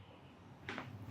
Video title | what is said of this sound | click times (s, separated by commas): கடையில் தேடினாலும் கிடைக்காத பொருள் - Modern கயிற்று கட்டில் - Recliner chair - Folding Table & Cart | அதை பாருங்க, இதோட லாக் ஆகிடும். | 0.7 s